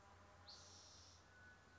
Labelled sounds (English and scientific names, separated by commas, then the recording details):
Spotted Towhee (Pipilo maculatus)
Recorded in Sonoma County, California